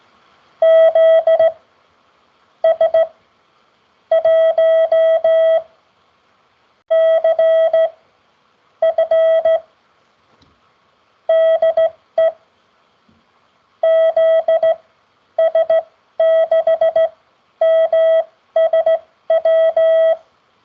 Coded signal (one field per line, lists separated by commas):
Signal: Morse code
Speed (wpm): 16 wpm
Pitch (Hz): 650 Hz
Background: none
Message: ZS1CF DE ZS6MSW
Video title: The seventh COOL CW Practice aired on the 10th Oct 2024